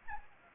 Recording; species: mosquito wingbeat signal from an infrared sensor; Anopheles gambiae